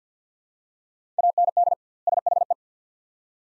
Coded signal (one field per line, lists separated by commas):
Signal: Morse code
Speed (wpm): 50 wpm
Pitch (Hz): 700 Hz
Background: none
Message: AND SHE